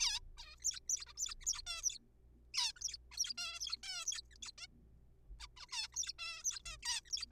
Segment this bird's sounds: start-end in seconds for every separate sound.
0.01-0.19, 0.37-0.55, 0.60-0.64, 0.64-0.80, 0.89-1.05, 1.07-1.13, 1.18-1.34, 1.41-1.45, 1.47-1.62, 1.67-1.81, 1.83-1.98, 2.54-2.72, 2.76-2.80, 2.81-2.97, 3.11-3.17, 3.17-3.33, 3.38-3.59, 3.60-3.76, 3.83-4.05, 4.05-4.21, 4.31-4.35, 4.43-4.51, 4.58-4.66, 5.40-5.47, 5.57-5.65, 5.69-5.88, 5.92-6.12, 6.19-6.42, 6.44-6.59, 6.66-6.77, 6.83-7.00, 7.06-7.10, 7.10-7.26